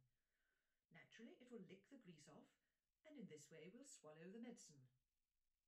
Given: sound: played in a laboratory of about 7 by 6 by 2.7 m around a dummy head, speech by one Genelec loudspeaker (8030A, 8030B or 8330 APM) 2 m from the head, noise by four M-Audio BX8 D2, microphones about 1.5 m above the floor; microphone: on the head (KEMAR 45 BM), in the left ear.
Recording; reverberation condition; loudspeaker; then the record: female speech in English; low; 90 degrees to the right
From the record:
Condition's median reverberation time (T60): about 310 ms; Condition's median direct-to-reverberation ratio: about 3.5 dB